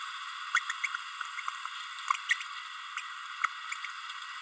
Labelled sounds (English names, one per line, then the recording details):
Green-rumped Parrotlet babbling
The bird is a female
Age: 30 days
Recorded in a nest box in Venezuela
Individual 17B32A7